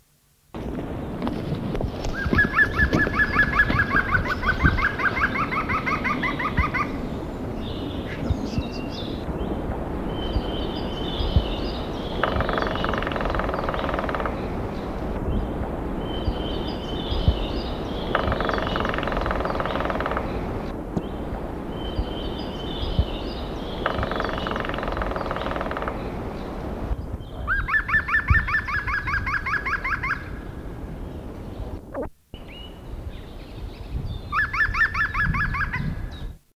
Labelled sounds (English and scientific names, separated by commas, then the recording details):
European Green Woodpecker (Picus viridis) drumming
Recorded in the wild
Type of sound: drumming
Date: 1983-04-17
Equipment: Halbspur, 9,5 cm/s
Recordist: Lütgens, Hans
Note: Aufnahmeort "Steppsel" ?: Trommeln